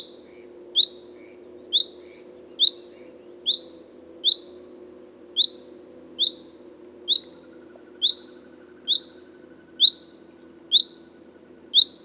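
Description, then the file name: Common chaffinch calling with brief bright chirps about once a second throughout, over a constant low droning background hum. "Fringilla coelebs"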